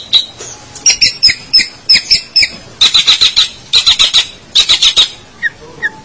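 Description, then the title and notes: Long-tailed shrike song: high, scratchy notes, spaced at first, then in quick clusters of three or four separated by short pauses, ending with a few softer, lower notes. Indonesian name pentet; marked 201703. "Pentet 201703. Suara burung pentet"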